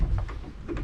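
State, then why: Not seated. The main fold-out bed section of a rental Viking 17FQS triangle RV's dinette conversion is handled as it is brought out toward its frame lock, with soft knocks and rubbing around 0.2, 0.7 and 0.8 seconds. Nothing has seated or clicked yet; the bed section is not locked into place.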